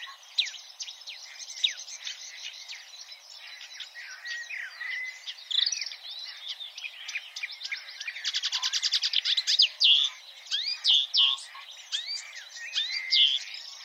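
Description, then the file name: Marsh warbler song, a long varied warble of whistles, slurs and chatter, with a loud buzzy trill midway. "suara-kicauan-burung-marsh-warbler -omkicau"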